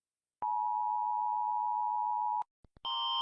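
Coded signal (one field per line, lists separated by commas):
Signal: Emergency Alert System (SAME) tones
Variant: 853 and 960 Hz attention tone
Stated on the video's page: EAS alarms in low audio quality from a television.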